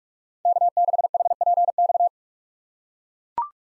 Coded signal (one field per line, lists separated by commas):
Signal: Morse code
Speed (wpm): 43 wpm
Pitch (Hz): 700 Hz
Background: none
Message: K6HPX